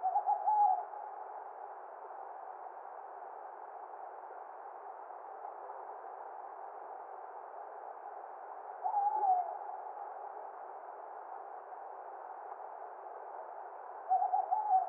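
Tawny owl calling with three brief, mid-pitched hoots spread across the stretch, with long gaps of hiss between them.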